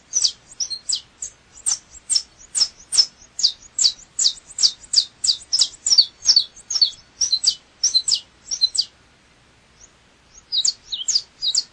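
Double-collared seedeater giving a long, rapid string of high sharp notes, a short break, then a few more quick chirps.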